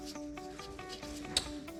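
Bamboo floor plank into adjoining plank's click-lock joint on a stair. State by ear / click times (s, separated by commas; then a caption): not seated / none. A bamboo click-lock floor plank on a stair is dropped into place against the adjoining plank's click-lock joint, with steady rubbing and a faint tonal background, small knocks near 0.4, 0.6 and 1.2 s, and one sharp tap at 1.4 s. The edge joint does not engage and nothing has clicked or locked in, so the plank has to be lifted back up.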